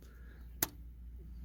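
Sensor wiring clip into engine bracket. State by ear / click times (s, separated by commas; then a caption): seated / 0.6 s. On a 2.5 Volkswagen (Jetta, Golf, Passat), the crankshaft position sensor wiring clip is pushed back into its plastic bracket on the engine during a sensor replacement. A single sharp, short snap is heard at 0.6 s over a low, steady background hum. The clip seats in the bracket, completing the crankshaft position sensor job.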